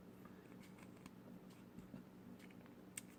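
A child-safety cap on a plastic e-liquid bottle is twisted open, with soft handling and rustling over a low hum. A very slight but sharp pop at 3.0 s shows the tamper-evident safety ring has broken.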